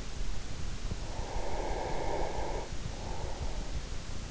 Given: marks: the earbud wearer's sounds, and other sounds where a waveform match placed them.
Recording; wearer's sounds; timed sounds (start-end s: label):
sounds in sleep by an in-ear microphone; breath
0.76-3.95 s: breath